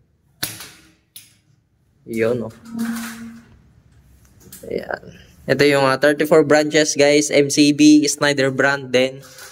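A push latch on an electrical panel board door is pressed and releases with a sharp click at 0.4 s, and the door pops open. A second, softer click follows around 1.2 s, then someone talks.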